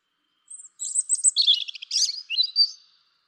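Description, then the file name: European robin song: a rapid, tumbling phrase of high thin whistles and trills that shifts between pitches and ends in a short warbled flourish. No other sounds. "Erithacus rubecula"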